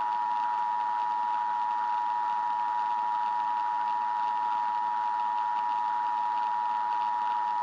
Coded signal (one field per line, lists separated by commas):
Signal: Emergency Alert System (SAME) tones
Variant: 853 and 960 Hz attention tone